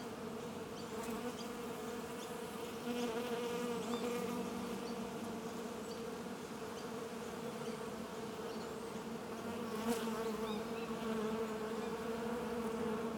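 Bees humming continuously, a thick even drone that swells a little after three seconds, with occasional faint clicks and ticks above it.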